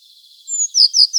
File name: Cyanistes caeruleus